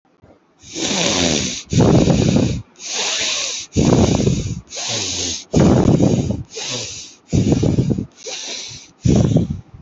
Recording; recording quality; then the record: shallow breathing; excellent, no background noise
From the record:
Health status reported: healthy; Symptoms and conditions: cold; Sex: male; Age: 22 years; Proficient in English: yes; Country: India